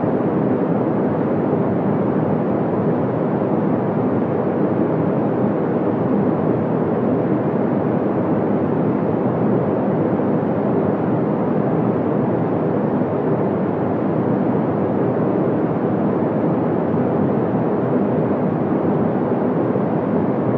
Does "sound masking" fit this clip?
yes